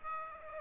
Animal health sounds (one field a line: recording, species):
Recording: mosquito wingbeat signal from an infrared sensor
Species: Aedes aegypti